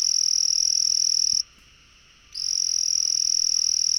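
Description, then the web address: Frog giving a high, even, buzzy trill, broken by a silent gap of about a second before the trill resumes and runs to the end. "frog rec 150520"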